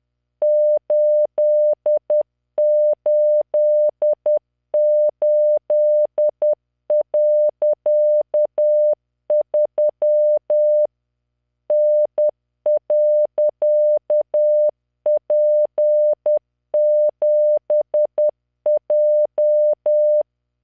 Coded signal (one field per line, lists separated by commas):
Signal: Morse code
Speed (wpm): 10 wpm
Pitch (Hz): 600 Hz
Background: none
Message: 888.3 N.P7J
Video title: tamanのモールス練習動画94（モールス信号 速度10WPM morse code)